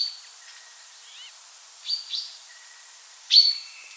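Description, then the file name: Common chaffinch: a few brief, high, sharply falling calls, one loud near the end, with faint thin tones between. "buchfinke"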